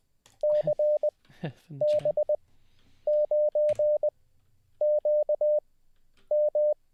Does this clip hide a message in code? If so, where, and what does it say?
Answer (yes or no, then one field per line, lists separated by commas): yes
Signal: Morse code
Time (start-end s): 0.4-6.7 s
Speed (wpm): 20 wpm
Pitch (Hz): 600 Hz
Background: none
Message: CB9QM